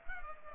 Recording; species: mosquito wingbeat signal from an infrared sensor; Culex pipiens